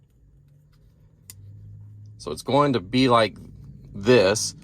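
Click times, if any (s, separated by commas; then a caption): 1.3 s. A phone holder's ball joint is popped into its socket on the mount base, which attaches with double-sided tape to the back of the monitor in a Tesla Model 3 or Model Y, then tightened. A single sharp click at 1.3 s marks it seating, followed by a low hum and someone talking.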